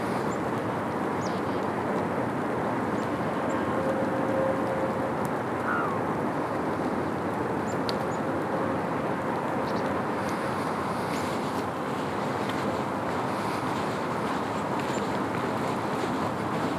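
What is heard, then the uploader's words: A soft, steady outdoor hush along a snowy trail, an even low rumble like traffic far off, holding level throughout. A faint bird-like chirp rises near the fifth second, and small ticks and clicks scatter through the rest. Falling Snow on the Shoreline Trail (Sandy Hansen Shoreline Orange Trail, Millennium Park). Listen for the quietness of snow while passing a few animals, hikers, and cars along the Sandy Hansen Shoreline Orange Trail.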